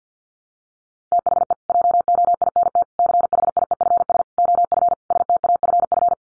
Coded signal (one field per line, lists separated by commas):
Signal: Morse code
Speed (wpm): 50 wpm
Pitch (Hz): 700 Hz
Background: none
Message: THE JOINT CHIEFS OF STAFF